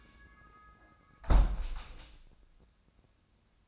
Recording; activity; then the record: daily activity, microphone in the room; close window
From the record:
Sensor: 2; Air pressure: 1012.2 hPa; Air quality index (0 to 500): 128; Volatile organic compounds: 1 ppm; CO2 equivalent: 949 ppm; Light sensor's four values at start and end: 165/398/167/175 and 166/400/168/175